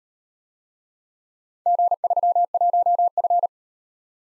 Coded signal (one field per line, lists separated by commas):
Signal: Morse code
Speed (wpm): 38 wpm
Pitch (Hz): 700 Hz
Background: none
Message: G31F